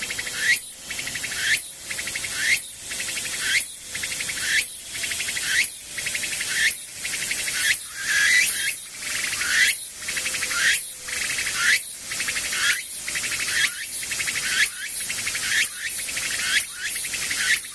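Insects chirp in a steady, regular pulse, about one burst per second, each a dense high buzzing trill. The rhythm holds evenly for the whole stretch, with brief gaps between bursts and a faint low tone humming underneath.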